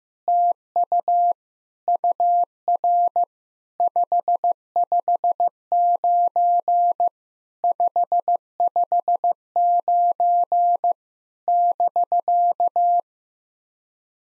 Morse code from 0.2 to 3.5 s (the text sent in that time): TU UR